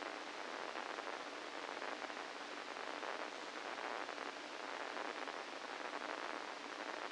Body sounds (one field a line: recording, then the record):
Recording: brain microelectrode recording played as sound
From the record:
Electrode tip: inside the subthalamic nucleus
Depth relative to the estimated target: -3 mm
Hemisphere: right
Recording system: NeuroSet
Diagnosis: Parkinson's disease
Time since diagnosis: 8 years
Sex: male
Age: 65 years